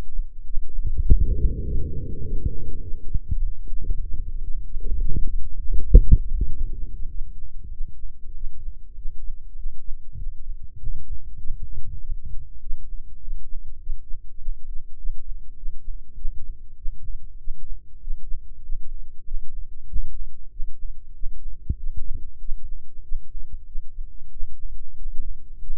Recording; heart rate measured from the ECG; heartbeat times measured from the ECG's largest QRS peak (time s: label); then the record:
heart sounds by microphone in the right ear; 98 bpm
0.43 s: heartbeat
1.03 s: heartbeat
1.62 s: heartbeat
2.21 s: heartbeat
2.79 s: heartbeat
3.39 s: heartbeat
4.00 s: heartbeat
4.62 s: heartbeat
5.23 s: heartbeat
5.84 s: heartbeat
6.46 s: heartbeat
7.07 s: heartbeat
7.69 s: heartbeat
8.32 s: heartbeat
8.93 s: heartbeat
9.54 s: heartbeat
10.15 s: heartbeat
10.75 s: heartbeat
11.36 s: heartbeat
11.97 s: heartbeat
12.58 s: heartbeat
13.18 s: heartbeat
13.77 s: heartbeat
14.36 s: heartbeat
14.95 s: heartbeat
15.54 s: heartbeat
16.13 s: heartbeat
16.74 s: heartbeat
17.36 s: heartbeat
17.98 s: heartbeat
18.60 s: heartbeat
19.22 s: heartbeat
19.85 s: heartbeat
20.48 s: heartbeat
21.11 s: heartbeat
21.74 s: heartbeat
22.37 s: heartbeat
23.00 s: heartbeat
23.64 s: heartbeat
24.28 s: heartbeat
24.94 s: heartbeat
25.58 s: heartbeat
From the record:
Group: healthy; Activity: breath hold 0-2 s, rest 2-26 s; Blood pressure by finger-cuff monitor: 102/71 mmHg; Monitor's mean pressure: 81 mmHg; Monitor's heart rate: 98 bpm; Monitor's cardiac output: 7.8 L/min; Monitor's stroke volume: 80 mL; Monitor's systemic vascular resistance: 750 dyn s/cm5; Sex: male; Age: 19 years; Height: 178 cm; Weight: 83 kg